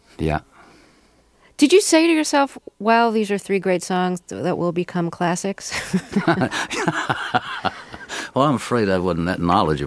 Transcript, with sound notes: Yeah.
Did you say to yourself, wow, these are three great songs that will become classics?
(Soundbite of laughter) Well, I'm afraid I wasn't that knowledgeable.